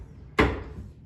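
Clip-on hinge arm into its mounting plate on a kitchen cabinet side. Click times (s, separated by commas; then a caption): 0.4 s. A clip-on hinge on a kitchen cabinet door is offered up to the mounting plate fixed inside the unit and pushed home. After a quiet lead-in, one sharp, bright click at 0.4 s rings out briefly. The hinge locates itself, clicks into place and locks onto its plate, seated and ready to go.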